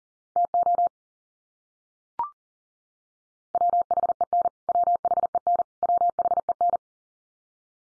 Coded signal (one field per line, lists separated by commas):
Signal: Morse code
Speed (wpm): 40 wpm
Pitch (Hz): 700 Hz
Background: none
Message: TO WHEN WHEN WHEN